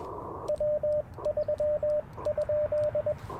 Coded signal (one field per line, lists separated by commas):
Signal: Morse code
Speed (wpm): 21 wpm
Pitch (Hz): 600 Hz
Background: radio noise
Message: W3?